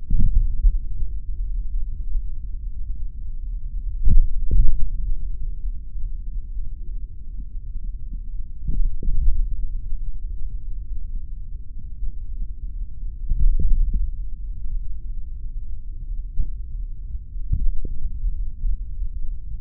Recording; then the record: forearm muscle sounds (acoustic myography)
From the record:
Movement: tripod grip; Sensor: system 3, bracelet of six PUI Audio POM-2738L microphones around the upper forearm, with dedicated amplification and filtering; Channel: 4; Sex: male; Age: 26 years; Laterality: right